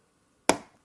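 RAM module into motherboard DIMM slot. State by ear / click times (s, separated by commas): seated / 0.5 s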